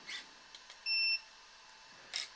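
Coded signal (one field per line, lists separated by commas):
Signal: beep code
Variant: Arrma RC transmitter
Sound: a single short high-pitched beep, with soft clicks before and after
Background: handling clicks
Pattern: 1 short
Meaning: One beep means the steering stabilization (DSC) is off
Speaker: Et là, il est éteint. Un bip. Éteint.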